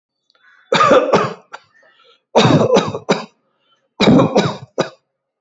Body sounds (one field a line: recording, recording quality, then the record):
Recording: shallow voluntary cough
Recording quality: excellent, no background noise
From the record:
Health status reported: healthy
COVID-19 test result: not tested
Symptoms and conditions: diabetes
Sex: male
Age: 60 years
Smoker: not ticked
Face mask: not worn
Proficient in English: yes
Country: India